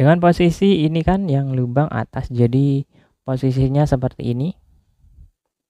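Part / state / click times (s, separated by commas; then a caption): fiber optic cable connector into media converter port / not seated / none. A fiber optic cable connector is lined up with the upper port of a media converter, oriented into position before being pushed in. Someone talks throughout, with a brief pause and faint handling sounds near the end. Nothing has seated or clicked yet.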